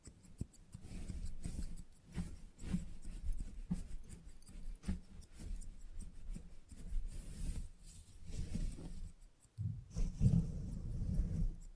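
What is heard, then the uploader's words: Salon haircut sounds with close, rustling and brushing noises that come in quick, uneven bursts, mostly low and muffled with faint crisp edges on top. Short ticks and snips appear throughout, a brief near-silence falls around nine seconds, then stronger scraping returns. Salon Haircut Head Massage, Scissors and Clipper.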